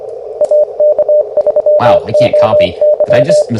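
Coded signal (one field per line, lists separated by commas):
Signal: Morse code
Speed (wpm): 23 wpm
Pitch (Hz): 600 Hz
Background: speech, radio noise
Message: AK3OY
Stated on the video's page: Morse Runner contest simulator used as a game for CW copy practice.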